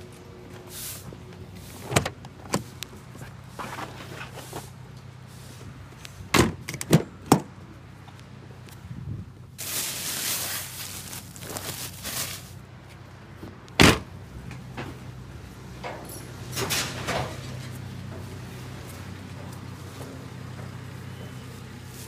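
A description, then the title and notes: Recycling centre ambience with a steady low rumble of engines and vehicles throughout. Sharp clanks and knocks cut through at intervals, strongest near 6 to 7 seconds and around 14 seconds, with a longer hiss or scraping rush near 10 seconds and faint voices in the background. Recycling Centre.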